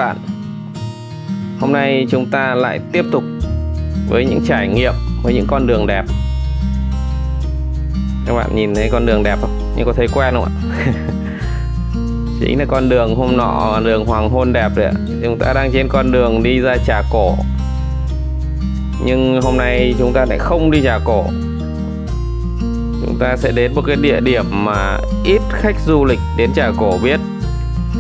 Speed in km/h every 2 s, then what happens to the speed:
66, 66, 66, 65, 65, 64, 65, 65, 66, 65, 62, 61, 61, 62.
0-28 steady at about 65.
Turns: none.